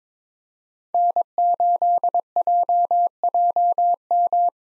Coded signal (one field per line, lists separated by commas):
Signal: Morse code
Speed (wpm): 22 wpm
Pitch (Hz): 700 Hz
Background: none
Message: N8JJM